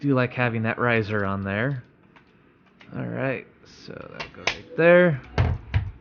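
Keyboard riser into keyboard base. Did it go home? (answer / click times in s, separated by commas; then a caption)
yes / 5.7 s. A detachable metal riser, a single-piece lift foot rather than plastic legs, is fitted onto the underside of a System76 Launch mechanical keyboard base while someone talks. A sharp snap at 5.7 s marks the riser seating in place, and it is confirmed snapped in.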